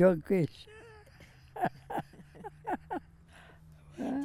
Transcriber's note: both laugh